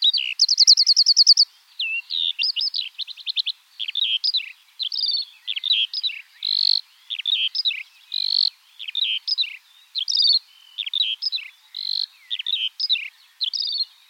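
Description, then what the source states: Eurasian skylark song opening with a buzzy rattling trill, then a steady, rapid flow of varied high chirps and whistled slurs. In flight.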